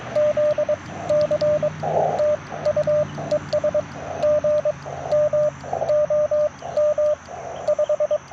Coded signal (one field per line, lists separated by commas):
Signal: Morse code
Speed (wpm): 22 wpm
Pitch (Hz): 600 Hz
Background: radio noise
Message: ZC TU ES GM OM 5